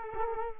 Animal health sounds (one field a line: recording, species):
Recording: mosquito wingbeat signal from an infrared sensor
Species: Culex quinquefasciatus